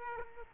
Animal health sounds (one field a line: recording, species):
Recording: mosquito wingbeat signal from an infrared sensor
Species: Aedes aegypti